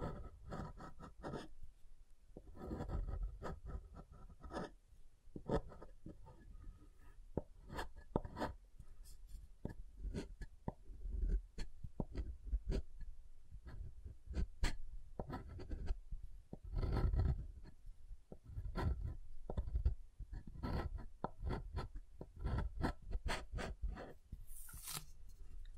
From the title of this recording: SoftHard Soap Tapping and Carving